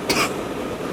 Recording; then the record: coughing mixed with background sound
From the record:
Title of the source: 31 night wet cough